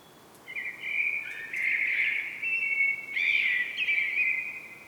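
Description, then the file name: Common blackbird singing a continuous run of warbled, fluty song. "Turdus merula"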